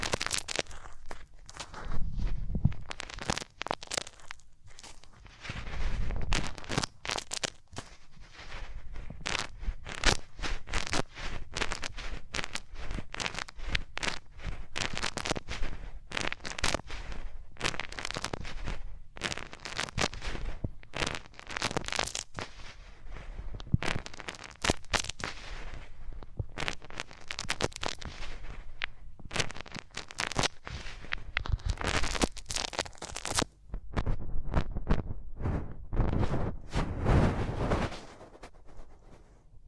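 Hands rub close up over the ears in a dense, crackling rustle of quick scratchy strokes, swelling louder around 6, 24, 32 and 37 seconds.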